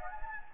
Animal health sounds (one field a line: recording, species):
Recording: mosquito wingbeat signal from an infrared sensor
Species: Anopheles gambiae